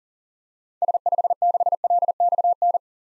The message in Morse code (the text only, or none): S56LXN